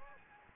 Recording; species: mosquito wingbeat signal from an infrared sensor; Anopheles gambiae